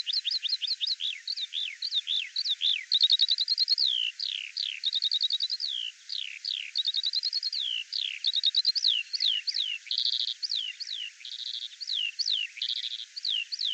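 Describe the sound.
Bird song of rapid high chirps and down-slurred notes, grouped into short trills and buzzy phrases, going on without a break.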